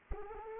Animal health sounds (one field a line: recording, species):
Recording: mosquito wingbeat signal from an infrared sensor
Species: Anopheles arabiensis